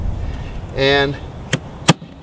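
After the battery is seated, the plastic battery compartment lid on an EGO Power+ 21" cordless lawn mower is closed shut while someone talks briefly. Two sharp hits follow at 1.5 s and 1.9 s as the lid seats closed.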